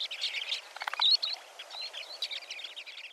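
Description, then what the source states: Western sandpiper calls: rapid, overlapping high chirps and short thin notes in a continuous flock chatter, briefly louder around the first second, over soft background hiss. Female leaves soon after hatching to replenish herself; her eggs almost equaled her body weight.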